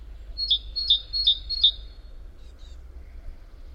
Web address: SETE Parus major